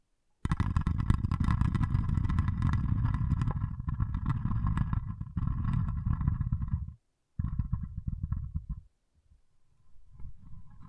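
Water beads spill and rattle in a dense, continuous rush with a deep rumbling low end and a crisp clicking layer above. The pouring runs steadily for about six seconds, breaks off, returns briefly near seven seconds, then fades to softer, sparser shifting toward the end.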